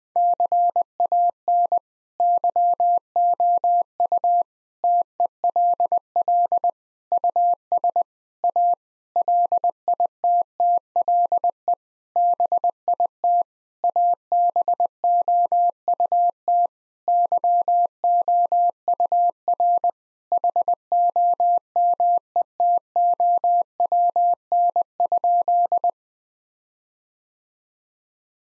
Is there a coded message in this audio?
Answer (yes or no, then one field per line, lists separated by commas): yes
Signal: Morse code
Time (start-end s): 0.2-25.9 s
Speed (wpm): 20 wpm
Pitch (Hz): 700 Hz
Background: none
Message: CAN YOU TELL US A LITTLE BIT ABOUT YOUR HOMETOWN?